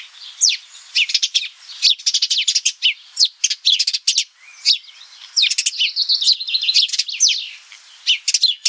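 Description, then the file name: House sparrow chirps, dense bursts of short harsh notes tumbling over one another with brief pauses. "Passer domesticus"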